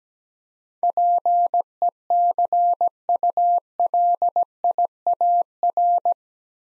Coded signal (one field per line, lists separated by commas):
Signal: Morse code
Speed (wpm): 17 wpm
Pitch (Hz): 700 Hz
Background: none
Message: PECULIAR